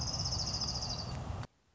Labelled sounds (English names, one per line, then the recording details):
Orange-crowned Warbler
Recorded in Sonoma County, California